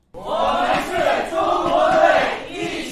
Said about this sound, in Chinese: 在现场嘉宾及参与者的加油助威声中，我们是中国队，一起加油！北京助威体验馆正式开馆，主题活动也随之启动。